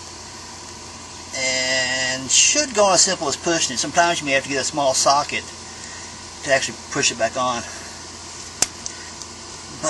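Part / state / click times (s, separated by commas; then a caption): clutch fork retaining clip onto pivot ball stud in bellhousing / seated / 8.6 s. On a Jeep Wrangler YJ getting a new clutch kit for a clutch problem, the metal spring clip of the clutch release (throw-out) fork is pushed by hand onto the pivot ball stud in the bellhousing while someone talks. A sharp snap at 8.6 s, followed by two fainter ticks, marks the clip seating over the stud and locking in place.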